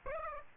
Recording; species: mosquito wingbeat signal from an infrared sensor; Aedes aegypti